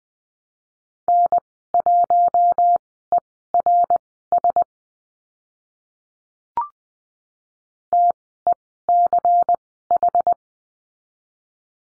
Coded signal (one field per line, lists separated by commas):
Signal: Morse code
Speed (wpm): 20 wpm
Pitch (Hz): 700 Hz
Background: none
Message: N1ERS TECH